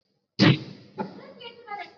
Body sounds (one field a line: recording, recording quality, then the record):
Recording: sustained vowel as in beet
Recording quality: poor, much background noise or distortion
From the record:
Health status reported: COVID-19 positive, mild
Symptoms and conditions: sore throat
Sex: female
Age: 25 years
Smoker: not ticked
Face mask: not worn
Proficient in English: yes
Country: India